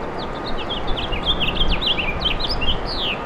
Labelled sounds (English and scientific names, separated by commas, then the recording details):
House Finch (Haemorhous mexicanus) song
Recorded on Long Island, New York, on 24 April 2012
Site AS
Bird A